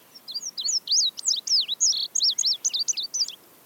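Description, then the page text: Indigo Bunting song: bright, high, sharp notes, many given in pairs, tumbling up and down in a quick jingling phrase lasting about three seconds. "Migrations: Indigo Bunting, Master Stargazer (BirdNote. Chirp Nature Center"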